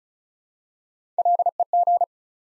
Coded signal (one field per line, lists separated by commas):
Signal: Morse code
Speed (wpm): 36 wpm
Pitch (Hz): 700 Hz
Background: none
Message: LEG